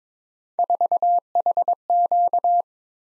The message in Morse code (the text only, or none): 4HQ